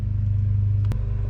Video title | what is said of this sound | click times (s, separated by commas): Mustang Heater Core Replacement [94-04] | ran your should snap back on but I broke the clip so that's why I didn't hear a snap for that | none